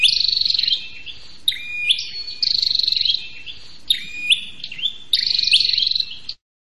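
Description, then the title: Prinia calls: loud, high rattling trills alternating with short upward chips in uneven bursts, ending abruptly in silence. Noisy calls used as a lure for trapping prenjak birds, including the red-headed prenjak and visiting prenjak. "Suara Prenjak Ribut Buat Pikat Burung Prenjak Kepala Merah Prenjak Tamu"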